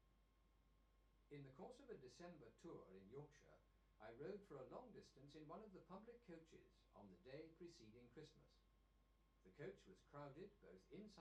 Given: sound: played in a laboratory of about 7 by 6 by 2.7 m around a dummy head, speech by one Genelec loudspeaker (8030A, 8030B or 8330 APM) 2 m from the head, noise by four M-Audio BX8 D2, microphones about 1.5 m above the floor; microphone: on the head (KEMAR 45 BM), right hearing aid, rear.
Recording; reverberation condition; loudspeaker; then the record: male speech in English; low; 90 degrees to the left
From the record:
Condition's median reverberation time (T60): about 310 ms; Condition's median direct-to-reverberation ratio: about 3.5 dB